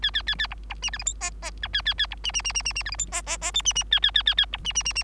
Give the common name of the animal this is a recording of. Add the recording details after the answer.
Bengalese Finch. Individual Bird3